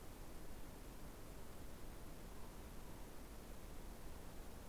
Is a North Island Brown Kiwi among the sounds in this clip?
no